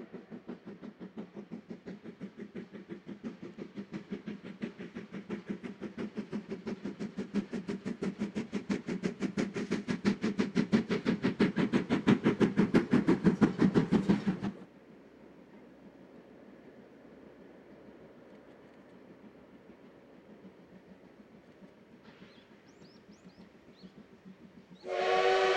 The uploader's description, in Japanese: JR磐越東線を走るC11 325牽引の「SLあぶくま号」